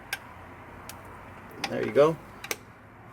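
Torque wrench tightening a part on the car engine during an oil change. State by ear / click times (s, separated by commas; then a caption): torque reached / 2.4 s, 2.5 s. A torque wrench set in Newton meters tightens a part on a 2016 Jetta 1.4L engine during an oil change while someone talks. The wrench gives a quick double click at 2.4 and 2.5 seconds as it reaches its torque setting.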